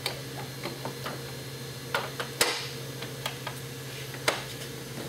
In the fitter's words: to slide it out on your pulley a couple of times snaps into place